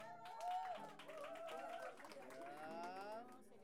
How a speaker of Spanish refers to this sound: Ya, a ver, aplausos para …. Gracias. Aplausos para ….